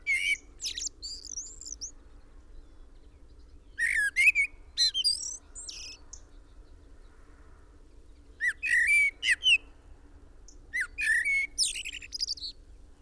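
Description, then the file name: Common blackbird song: several separate phrases, each a mellow whistled opening followed by squeaky, chattering notes, spaced a few seconds apart above a faint constant hum. "Turdus merula"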